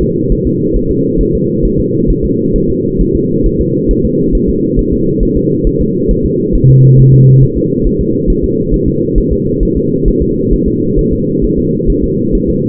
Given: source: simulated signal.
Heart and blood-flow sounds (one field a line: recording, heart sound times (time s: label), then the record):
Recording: fetal heart sounds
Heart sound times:
0.03 s: S2
0.32 s: S1
0.47 s: S2
0.77 s: S1
0.91 s: S2
1.21 s: S1
1.35 s: S2
1.65 s: S1
1.80 s: S2
2.10 s: S1
2.25 s: S2
2.56 s: S1
2.70 s: S2
3.01 s: S1
3.16 s: S2
3.46 s: S1
3.61 s: S2
3.91 s: S1
4.05 s: S2
4.35 s: S1
4.49 s: S2
4.79 s: S1
4.93 s: S2
5.23 s: S1
5.37 s: S2
5.67 s: S1
5.81 s: S2
6.11 s: S1
6.25 s: S2
6.55 s: S1
6.70 s: S2
7.00 s: S1
7.14 s: S2
7.43 s: S1
7.57 s: S2
7.87 s: S1
8.01 s: S2
8.30 s: S1
8.44 s: S2
8.74 s: S1
8.88 s: S2
9.18 s: S1
9.32 s: S2
9.63 s: S1
9.77 s: S2
10.08 s: S1
10.22 s: S2
10.54 s: S1
10.68 s: S2
10.99 s: S1
11.13 s: S2
11.44 s: S1
11.59 s: S2
11.90 s: S1
12.04 s: S2
12.35 s: S1
12.49 s: S2
From the record:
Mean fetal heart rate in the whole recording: 135 bpm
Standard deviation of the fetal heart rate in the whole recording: 3 bpm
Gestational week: 36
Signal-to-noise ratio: -11.2 dB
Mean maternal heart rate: 72 bpm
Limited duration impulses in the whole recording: present